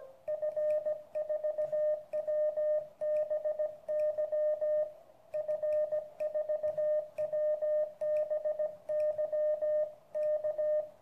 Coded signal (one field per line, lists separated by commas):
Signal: Morse code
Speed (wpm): 17 wpm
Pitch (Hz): 610 Hz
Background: radio noise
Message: F4WBY F4WBY K